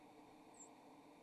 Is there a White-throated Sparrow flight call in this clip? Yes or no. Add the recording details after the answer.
no. Another species' flight call is heard. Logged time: 08:27 on 28 November 2014